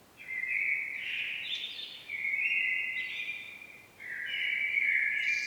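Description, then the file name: Common blackbird song: three rich, flowing fluted phrases in close succession, each with a brief higher flourish. "Turdus merula"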